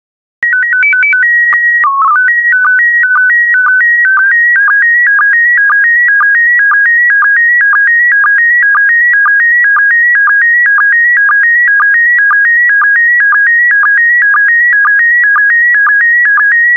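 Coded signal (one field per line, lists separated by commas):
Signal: SSTV (slow-scan television)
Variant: PD 120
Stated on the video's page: SSTV PD120 transmission of stock photos with synthesized audio prompts.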